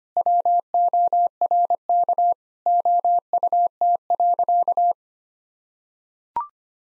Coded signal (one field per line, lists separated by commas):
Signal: Morse code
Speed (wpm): 25 wpm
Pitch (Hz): 700 Hz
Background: none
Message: WORK OUT.